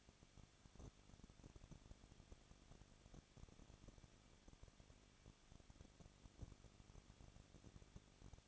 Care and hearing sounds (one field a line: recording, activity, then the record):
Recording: daily activity, microphone in the room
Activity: no activity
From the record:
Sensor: 4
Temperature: 23.1 degrees Celsius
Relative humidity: 34.1%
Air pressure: 1007.2 hPa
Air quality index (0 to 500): 214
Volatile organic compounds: 14 ppm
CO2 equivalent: 2470 ppm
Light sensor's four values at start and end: 2/3/1/1 and 2/3/1/1